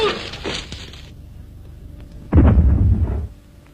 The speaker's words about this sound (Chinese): 推土机手吴海波屋里又发出了爆炸声。这声爆炸不是地雷，也不是炸弹，是吴海波进行的小试验。